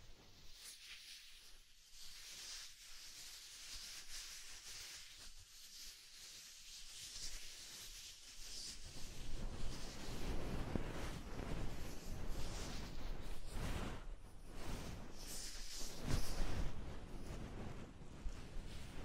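Soft, fluffy ASMR triggers rub and brush with a steady airy hiss, thin and bright for the first eight seconds. Then the scratchy rustling grows louder and fuller, fills in the low end, and moves in uneven strokes and swells through to the end.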